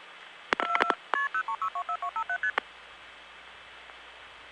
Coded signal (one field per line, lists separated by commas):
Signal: multi-frequency trunk signalling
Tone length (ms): 90 ms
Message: KP03624257ST